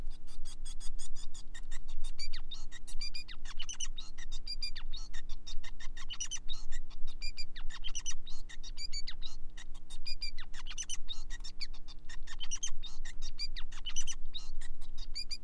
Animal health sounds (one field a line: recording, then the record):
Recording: song of a male Bengalese finch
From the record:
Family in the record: son of father 5